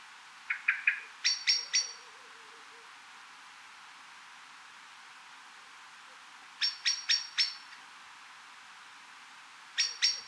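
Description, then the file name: Eurasian blackbird uttering sharp clicking chinks in short bursts of several, the bursts spaced several seconds apart, with faint background hiss. "Turdus merula"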